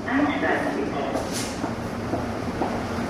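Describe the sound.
A subway train rumbles steadily into a station, a broad, continuous roar with a faint metallic squeal early on and a brief hiss midway, murmuring voices mixed underneath.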